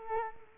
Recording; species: mosquito wingbeat signal from an infrared sensor; Culex quinquefasciatus